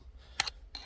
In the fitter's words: you will hear the clicking noise